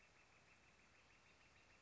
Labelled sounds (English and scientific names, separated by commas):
Northern Flicker (Colaptes auratus)